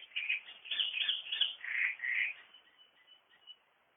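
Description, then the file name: Great reed warbler singing a harsh, grating chatter of croaky notes, ending in a few softer squeaks before falling quiet. "Drosselrohrsänger"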